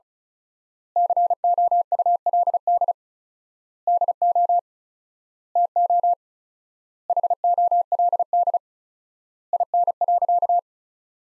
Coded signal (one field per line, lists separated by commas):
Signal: Morse code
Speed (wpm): 36 wpm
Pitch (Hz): 700 Hz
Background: none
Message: COULD DO TO HOLD IN.